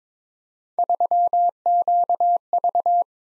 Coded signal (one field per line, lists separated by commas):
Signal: Morse code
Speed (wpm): 22 wpm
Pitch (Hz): 700 Hz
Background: none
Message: 3QV